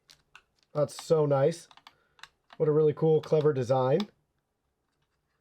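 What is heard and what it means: A tool-less M.2 drive retainer is handled onto a motherboard after an M.2 drive is fitted in a Gen 5 slot. A few faint ticks sound at about 0.1, 0.4 and 0.6 seconds, then someone talks. Nothing has seated or clicked into place yet.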